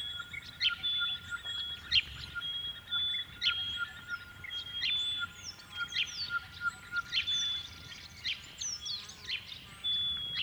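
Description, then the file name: Honeyeater song: a busy chorus of high chirps and sweeping notes, with a clear whistled note repeated about every one to two seconds over a steady background tone. "Honeyeaters Sing"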